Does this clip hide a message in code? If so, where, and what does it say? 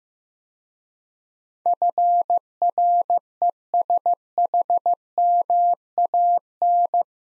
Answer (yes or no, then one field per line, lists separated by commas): yes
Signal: Morse code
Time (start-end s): 1.7-7.0 s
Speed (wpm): 15 wpm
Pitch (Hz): 700 Hz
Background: none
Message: FRESHMAN